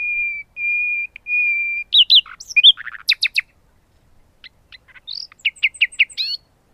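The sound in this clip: Common nightingale singing three long, level whistled notes, followed by tumbling varied chirps and a series of quick repeated notes.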